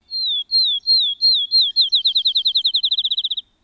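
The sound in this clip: Field sparrow song: a few slow, slurred, downward whistles that speed up into a quick accelerating trill of short notes, ending after about three and a half seconds.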